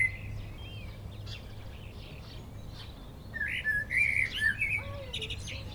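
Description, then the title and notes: Common blackbird song: fluted, warbling phrases with slurred notes, followed by higher twittering; faint background hum throughout. Singing from a treetop in Châtillon village, Chindrieux, France; Zoom H4n Pro recorder placed vertically on the ground. "Un merle perché au sommet d'un arbre chante dans le village de Châtillon"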